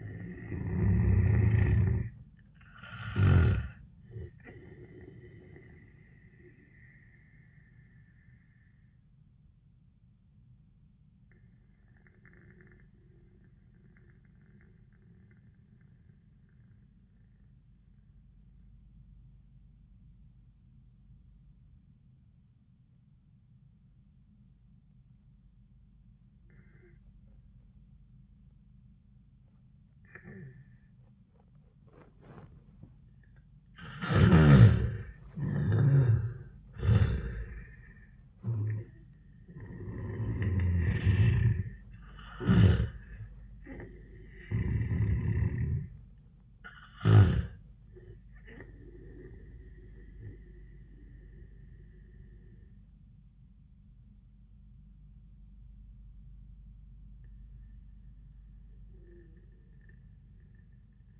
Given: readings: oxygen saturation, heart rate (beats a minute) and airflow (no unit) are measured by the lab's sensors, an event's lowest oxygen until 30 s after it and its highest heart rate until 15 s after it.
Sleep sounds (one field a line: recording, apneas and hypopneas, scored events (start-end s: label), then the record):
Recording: breathing in sleep by a smartphone at the bedside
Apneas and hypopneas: 1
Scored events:
7.00-34.30 s: obstructive apnea (N1, oxygen 98% highest, then 79% lowest, heart rate 89 at the start, 96 highest)
13.00-61.20 s: new sleep stage, N2 (light sleep)
From the record:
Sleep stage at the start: N1 (lightest sleep)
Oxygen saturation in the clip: 79 to 98%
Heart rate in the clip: 73 to 97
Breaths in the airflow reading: 6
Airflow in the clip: -12.1 to 11.8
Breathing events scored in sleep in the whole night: 400 in 8.7 hours asleep